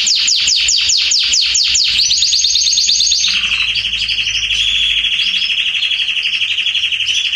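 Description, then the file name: Canary song, rapid descending sweeps speeding into a dense trill, then a long steady pulsing roll with a low background hum. "Canary Voice"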